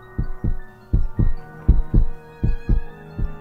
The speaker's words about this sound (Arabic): حطيت ودني على باب الأوضة مش سامع حاجة، مش سامع غير يا دوب دقات قلبي.